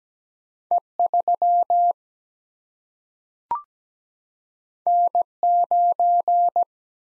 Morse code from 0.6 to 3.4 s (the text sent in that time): E 3